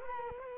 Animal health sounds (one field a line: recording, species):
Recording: mosquito wingbeat signal from an infrared sensor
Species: Culex quinquefasciatus